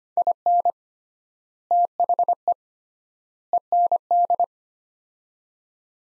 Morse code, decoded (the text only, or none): IN THE END